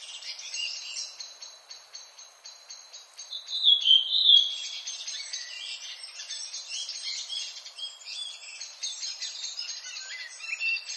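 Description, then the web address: Redwing song, continuous high scratchy twittering with a louder burst of squeaky whistled notes partway through and lower slurred notes underneath. "HGW birds \ \aves Rodvingetrast"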